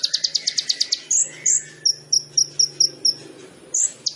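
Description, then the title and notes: Sunbird: a quick series of high pulsed chips, then spaced sharp high notes. Training recording (masteran): full song with varied fills and bursts (isian dan tembakan), singing actively (gacor), suited for prompting other birds. "MASTERAN KOLIBRI NINJA FULL ISIAN DAN TEMBAKAN COCOK BUAT PANCINGAN. Suara Burung Kolibri Ninja Gacor"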